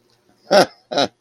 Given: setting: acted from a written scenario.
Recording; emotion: vocal sound without words; amusement